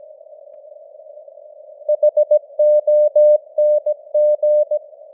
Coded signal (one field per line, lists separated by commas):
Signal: Morse code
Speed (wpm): 17 wpm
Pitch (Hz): 600 Hz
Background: none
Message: HONG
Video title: Morse Code News | 2025-11-27 | 17wpm